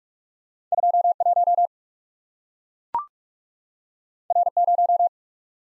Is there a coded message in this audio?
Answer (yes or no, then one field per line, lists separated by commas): yes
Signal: Morse code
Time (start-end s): 0.7-5.1 s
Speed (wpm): 44 wpm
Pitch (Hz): 700 Hz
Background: none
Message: 2 1 R 0